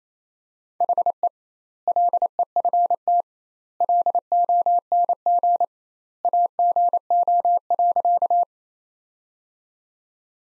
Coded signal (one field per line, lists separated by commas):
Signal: Morse code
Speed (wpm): 28 wpm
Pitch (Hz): 700 Hz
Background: none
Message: HE LEFT LONG AGO.